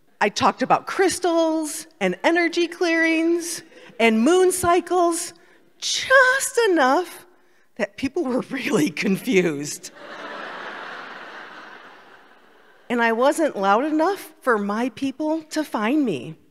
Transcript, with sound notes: I talked about crystals and energy clearings and moon cycles, just enough that people were really confused. (laughter) And I wasn't loud enough for my people to find me.